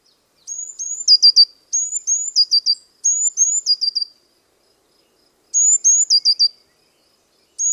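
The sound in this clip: Bird repeats thin, very high phrases of paired rising whistles closing with quick falling notes, several phrases in a row, then a pause and another phrase.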